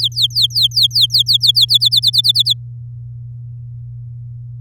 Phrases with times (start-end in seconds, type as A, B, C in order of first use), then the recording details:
0.01-1.78 A, 1.80-2.53 B. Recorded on 10 May 2018 at 12:34. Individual llb16